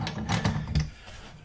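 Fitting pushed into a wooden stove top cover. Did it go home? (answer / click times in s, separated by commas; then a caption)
yes / 0.8 s. A fitting is pushed into a wooden stove top cover, with a few short knocks and scrapes from handling at the start. A sharp click at 0.8 s marks the fitting snapping home, followed by a quieter tick. The fitting is seated in the wooden cover.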